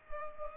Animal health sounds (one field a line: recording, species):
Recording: mosquito wingbeat signal from an infrared sensor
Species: Culex pipiens